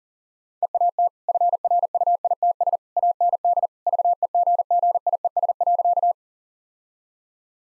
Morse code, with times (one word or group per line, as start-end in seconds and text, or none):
0.6-1.1 EAT
1.3-2.8 FRUITS
3.0-3.7 AND
3.9-6.1 VEGGIES.